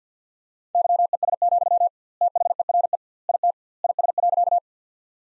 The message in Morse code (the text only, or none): YES, THERE IT IS.